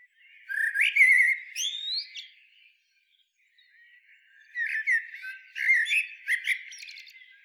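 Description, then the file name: Eurasian blackbird song: a mellow, fluted warble, then a pause and a second phrase of squeaky, twittering notes. "Turdus merula"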